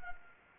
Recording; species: mosquito wingbeat signal from an infrared sensor; Anopheles arabiensis